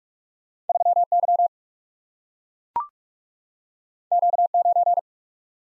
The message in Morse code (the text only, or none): 3Y Q9